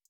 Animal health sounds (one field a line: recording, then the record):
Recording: hydrophone in a shrimp aquaculture tank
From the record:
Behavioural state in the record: feeding